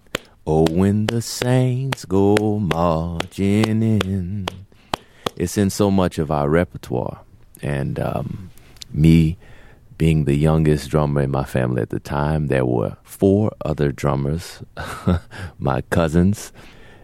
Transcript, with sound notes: oh, when the saints go marching in (clapping bamboula rhythm).
It's in so much of our repertoire. And me being the youngest drummer in my family at the time - there were four other drummers (laughter), my cousins